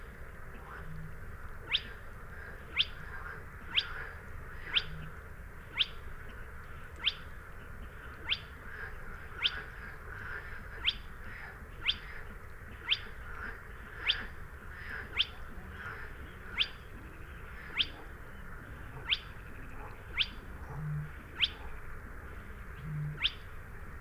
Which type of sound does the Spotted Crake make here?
song